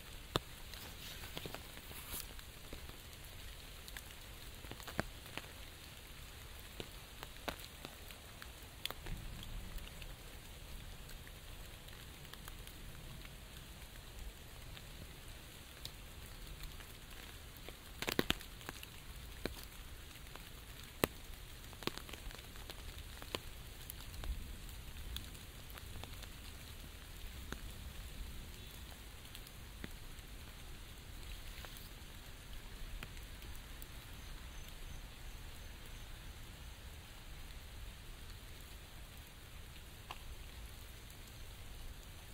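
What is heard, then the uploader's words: Light rain patters steadily through a forest, a soft, even hiss with scattered sharper drops. A few louder taps stand out around 18 and 21 seconds, and a faint low rumble drifts underneath throughout. Sounds of a forest during light rain.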